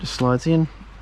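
A plastic-cased flight battery is being handled and slid toward the battery bay of a small quadcopter drone while someone talks. Nothing has seated or clicked yet.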